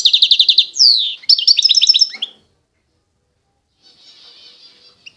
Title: اجمل غناءالحسون الخلويchant chardonneret sauvage collection